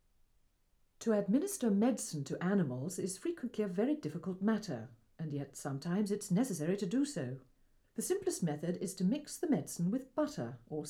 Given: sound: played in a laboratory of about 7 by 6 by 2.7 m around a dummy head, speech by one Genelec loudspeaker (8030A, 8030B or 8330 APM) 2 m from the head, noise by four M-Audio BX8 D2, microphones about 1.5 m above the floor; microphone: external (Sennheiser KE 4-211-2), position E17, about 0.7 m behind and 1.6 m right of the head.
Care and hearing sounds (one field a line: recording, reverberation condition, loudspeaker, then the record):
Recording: female speech in English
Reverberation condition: low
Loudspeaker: 90 degrees to the right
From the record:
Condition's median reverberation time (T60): about 310 ms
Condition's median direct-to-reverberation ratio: about 3.5 dB